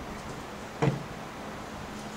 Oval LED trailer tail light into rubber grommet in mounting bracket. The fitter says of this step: But the light pops right into the bracket with the grommet on.